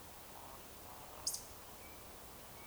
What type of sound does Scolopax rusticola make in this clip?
whistle, croak